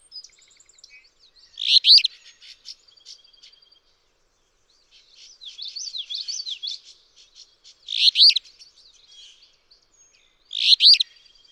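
Alder flycatcher song: three rasping, burry phrases at uneven intervals, alongside a background bird's quick, jumbled high chatter.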